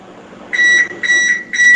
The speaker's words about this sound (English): Can you hear the oven preheating? Stop that. Oh, hot. It's 425 degrees hot.